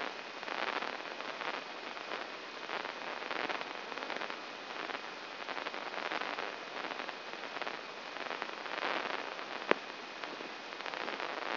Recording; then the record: brain microelectrode recording played as sound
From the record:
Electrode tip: inside the subthalamic nucleus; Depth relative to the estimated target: -2 mm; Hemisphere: right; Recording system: AlphaMap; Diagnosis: Parkinson's disease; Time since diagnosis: 12 years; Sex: female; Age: 47 years